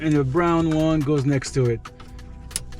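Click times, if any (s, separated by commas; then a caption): 2.6 s. During a Beat-Sonic PA2T3K mini amp install in a 2023 Toyota GR Corolla, a brown plastic harness connector is pushed into its mating socket next to the black one while someone talks. After a few faint handling ticks, a sharp click at 2.6 s marks the connector latching into place, fully seated.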